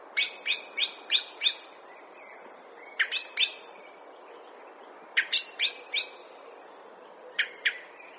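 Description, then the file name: Common blackbird uttering repeated sharp chinking notes in short groups of two to five, with pauses between the groups. "Turdus merula"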